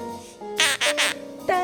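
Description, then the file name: Monk parakeet making harsh, raspy chattering bursts, three strong ones in quick succession and a fourth after a short pause, over a steady tonal hum in the background. Monk parakeet talking and singing. "popugai kvaker monax kalita boltaet i poyot"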